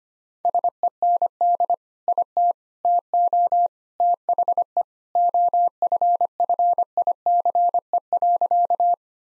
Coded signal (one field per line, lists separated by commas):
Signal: Morse code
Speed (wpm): 25 wpm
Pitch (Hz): 700 Hz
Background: none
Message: SEND IT TO THE OFFICE.